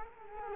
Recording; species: mosquito wingbeat signal from an infrared sensor; Culex quinquefasciatus